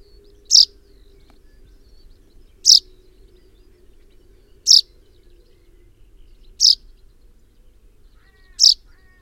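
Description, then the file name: Common chaffinch repeating a short, sharp call note steadily about every two seconds, five times in a row. "Fringilla coelebs"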